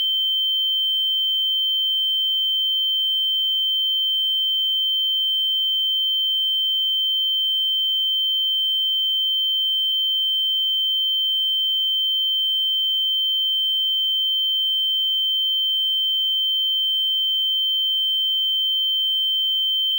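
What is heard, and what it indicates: A steady, continuous high-pitched pure tone near 3 kHz, unchanging for the whole clip, simulating tinnitus.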